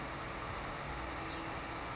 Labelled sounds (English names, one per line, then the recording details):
California Towhee
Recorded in Sonoma County, California